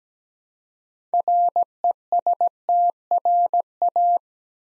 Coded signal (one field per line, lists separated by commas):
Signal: Morse code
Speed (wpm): 17 wpm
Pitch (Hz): 700 Hz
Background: none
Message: RESTRA